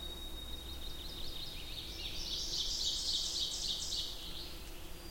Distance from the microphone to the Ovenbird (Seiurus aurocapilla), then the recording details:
about 50 m. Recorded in boreal forest in Alberta, Canada, on 8 June 2016 at 08:15. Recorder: SongMeter 3, array SBT-3-9. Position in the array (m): 52 m, 105 m. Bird 33